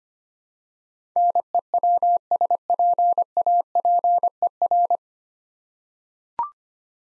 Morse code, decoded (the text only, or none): NEWSPAPER